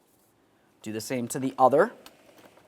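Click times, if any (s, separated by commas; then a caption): none. On a 2001–2005 Ford Explorer Sport Trac, the second locking clip on the air filter box lid is being handled, pulled up and swung down to lock it while someone talks. The clip ends before it goes home, so nothing has seated or clicked yet.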